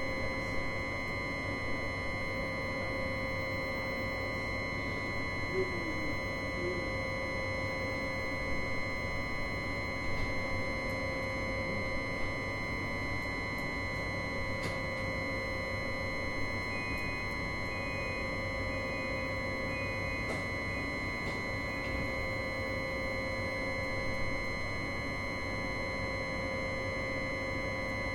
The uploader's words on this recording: Capolinea Sud. The tram’s south terminal is situated in the southern tip of Padua, after the Guizza district and just before the village of Albignasego.